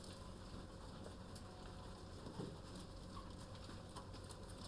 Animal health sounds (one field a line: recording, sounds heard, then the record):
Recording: poultry house recording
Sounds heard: healthy chickens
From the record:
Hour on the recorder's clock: 14